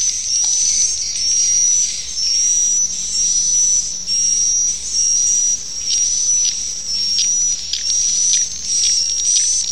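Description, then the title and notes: Swiftlet chirping calls: high, hissy twittering bursts about a second long, repeated roughly once a second, with a steady thin whistle-like tone running through. Swiftlet sound used in swiftlet farming in Asia. "Swiflet Bird Sound. Farming Swiflet Bird asia sound"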